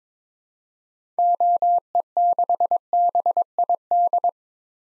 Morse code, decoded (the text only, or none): OE6BID